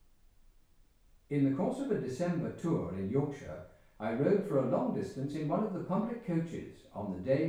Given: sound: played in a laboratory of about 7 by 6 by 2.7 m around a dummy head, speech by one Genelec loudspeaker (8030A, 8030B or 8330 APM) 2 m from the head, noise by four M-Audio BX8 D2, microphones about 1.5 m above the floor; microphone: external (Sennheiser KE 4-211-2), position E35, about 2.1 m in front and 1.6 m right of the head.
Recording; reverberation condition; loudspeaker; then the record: male speech in English; medium; in front (0 degrees)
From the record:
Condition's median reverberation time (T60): about 510 ms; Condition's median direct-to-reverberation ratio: about -0.5 dB